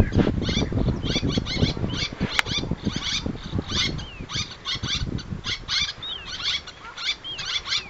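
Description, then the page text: Little tern calls, a busy stream of sharp high kik notes and a few short down-slurred cries, over steady low noise. "Albert Lastukhin - Малая крачка (Sterna albifrons)"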